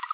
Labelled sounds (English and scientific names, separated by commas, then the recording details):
Green-rumped Parrotlet (Forpus passerinus) babbling
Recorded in a nest box in Venezuela
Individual 18B25A3